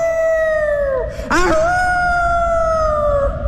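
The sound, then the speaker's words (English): A dog howls in long, steady, mournful wails: one drawn-out note dips and breaks off, a short yelp-like swell follows, then another sustained howl slowly sinks in pitch. Loud, with no talking. “But his dog was still outside, howling and howling.”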